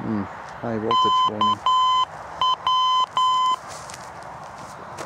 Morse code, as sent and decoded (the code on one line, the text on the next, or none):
-.- .--
KW